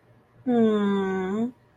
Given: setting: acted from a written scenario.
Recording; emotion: vocal sound without words; sympathy